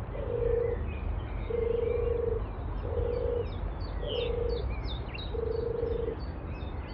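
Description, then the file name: European turtle dove giving five soft, low purring phrases with short gaps, faint high chirping notes from another bird over a low background rumble. Recorded 23 May 2021; excerpt with the sound of a chiffchaff reduced. "Turtle-Dove-210523-reduced-chiff-excerpt"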